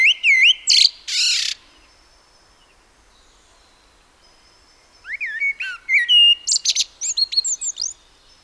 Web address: SETE Turdus merula